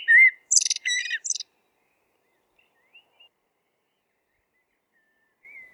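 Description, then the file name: Eurasian blackbird singing one short phrase: low fluted whistles followed by a squeaky high twitter, then near silence with a few faint soft notes. "merel zang"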